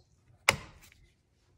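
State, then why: Seated. After refilling the hybrid inverter coolant on a 2010-2022 Lexus RX450h, the plastic screw-on reservoir cap is put back on and twisted until it clicks and stops. A single sharp, loud click lands at 0.5 s with a short decaying tail, followed by a faint small tick near 0.9 s. The cap is seated tight.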